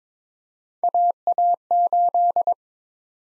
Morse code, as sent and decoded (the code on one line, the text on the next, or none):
.- .- ---..
AA8